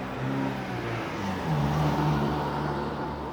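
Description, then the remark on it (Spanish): A car engine hums steadily with low, shifting tones that rise as it revs, the loud rumble swelling and easing over a few seconds as the vehicle passes. “Y pensando y mirando los autos pasar, me vino una interrogante.”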